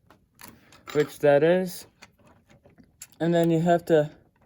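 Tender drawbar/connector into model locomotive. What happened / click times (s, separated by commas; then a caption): The connector is being handled but has not clicked in yet / none. Someone talks while handling the tender of an Athearn Genesis Big Boy 4014 HO-scale model steam locomotive, lining up its drawbar and electrical connector to push onto the locomotive, with faint handling ticks and taps between the words. Nothing has seated or clicked yet.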